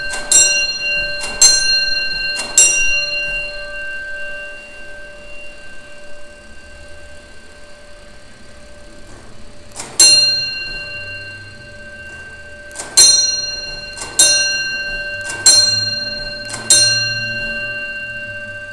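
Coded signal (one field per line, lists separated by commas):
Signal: coded fire alarm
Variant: Gamewell fire alarm telegraph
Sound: ringing bell strikes with long decay: one strike, pause, then four strikes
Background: quiet room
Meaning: Box 14 has been activated; fire companies respond to that box location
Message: 1-4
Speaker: in this example it did a triangle one with a space four triangles and it repeated itself four times what that represented was the box that was activated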